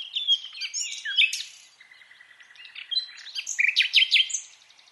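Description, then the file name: Common nightingale song, short: sharp sweeping notes and chirps, a soft run of repeated notes, then loud rising whistles. "Luscinia megarhynchos"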